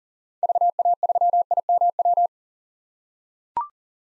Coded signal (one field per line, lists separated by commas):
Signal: Morse code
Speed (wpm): 40 wpm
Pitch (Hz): 700 Hz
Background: none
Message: VA3IMW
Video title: 2023 POTA Hunter Call Signs - 40wpm